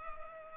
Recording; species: mosquito wingbeat signal from an infrared sensor; Culex pipiens